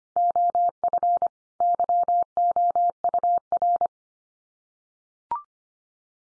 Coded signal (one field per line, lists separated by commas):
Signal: Morse code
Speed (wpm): 25 wpm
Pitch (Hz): 700 Hz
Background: none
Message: OF YOUR